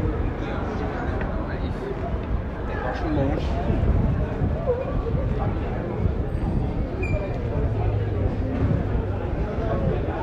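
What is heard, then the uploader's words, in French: Street sound in the Pigalle area: a dense, steady wash of crowd chatter and voices fills the whole ten seconds. Low traffic rumble sits underneath, with a few brief clicks and a faint high ringing tone around the middle. Son original des rue de Pigalle.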